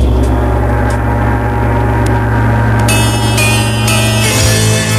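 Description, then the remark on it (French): A loud bell rings continuously for several seconds, signalling partners to change after 7 minutes, a steady sustained clang with layered tones and a brighter shimmer joining in toward the end, with no voices. “et au bout de 7 minutes, lorsque la cloche retentit, vous changez.”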